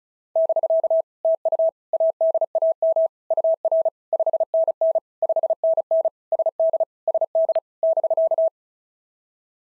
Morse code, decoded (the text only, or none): <BK> TU ADAM UR 5NN 5NN SD SD <BK>